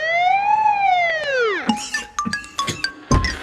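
An ambulance siren gives one loud, high wail that rises slightly, then drops sharply and cuts off, followed by a quick scatter of metallic clinks and clattering knocks.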